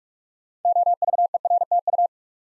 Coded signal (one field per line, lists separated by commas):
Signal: Morse code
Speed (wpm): 44 wpm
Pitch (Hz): 700 Hz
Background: none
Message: OVERTU